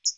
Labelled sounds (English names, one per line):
Hooded Warbler flight call